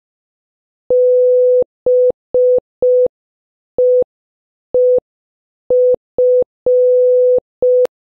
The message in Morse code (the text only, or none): BEEF